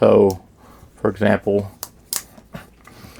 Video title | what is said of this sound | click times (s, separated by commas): Camping Gear Secrets REVEALED for Your Next Adventure | if I have it like this, I pull the knife out, it's locked into place. | 2.2 s